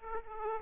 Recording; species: mosquito wingbeat signal from an infrared sensor; Aedes aegypti